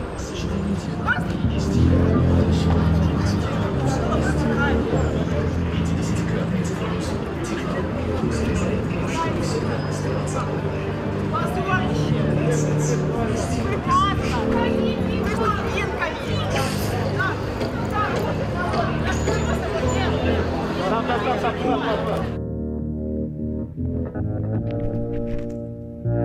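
Recorded at ongoing protests in Belarus, a dense, steady mix of many voices talking and calling out fills the clip, with low rumbling underneath. Near twenty-two seconds the high, bright sounds drop away, leaving muffled low voices and hum until the end.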